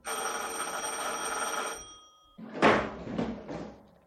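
An apartment doorbell rings with a sustained, bright electric tone for nearly two seconds, followed after a short pause by several soft knocking or shuffling sounds, like a door being handled.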